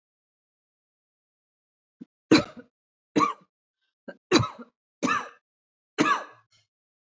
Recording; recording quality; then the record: heavy voluntary cough; excellent, no background noise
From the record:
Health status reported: healthy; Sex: female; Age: 54 years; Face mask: not worn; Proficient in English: yes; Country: France